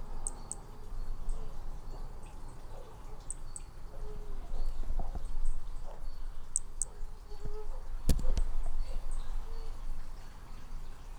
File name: MHNCI Brachy hemogenesi Picinguaba ind 01 ex 01 sem detalhes 13 dez 2017